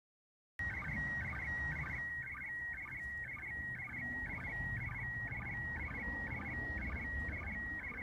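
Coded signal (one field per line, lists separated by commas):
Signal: SSTV (slow-scan television)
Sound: steady high whistle broken by rapid chirpy warbles about twice a second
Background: vehicle rumble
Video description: International Space Station sstv captured with radioscanner and Robot36 app on tablet.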